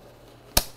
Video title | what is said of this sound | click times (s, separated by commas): How to Assemble and Use the NOVA STAR 8 Rolling Walker | feel that click and the lock in place. | 0.6 s